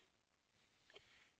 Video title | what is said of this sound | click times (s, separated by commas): Opening and Closing the Lid - Henny Penny 4 Head Pressure Fryers | luego baje la tapa y empújela hasta que el pestillo de plomo encaje en su lugar en el borde del trípode | 0.9 s, 1.0 s